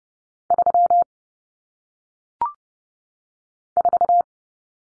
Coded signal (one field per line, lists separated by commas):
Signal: Morse code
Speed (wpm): 30 wpm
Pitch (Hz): 700 Hz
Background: none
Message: 3 4